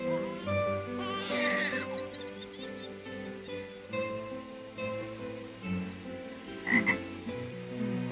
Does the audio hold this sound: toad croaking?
yes